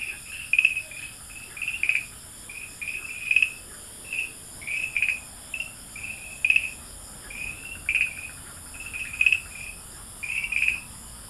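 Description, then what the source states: Farmland green tree frog: short high chirps repeated every second or so, some louder and some softer. Recorded at Dalin, 30 May 2009.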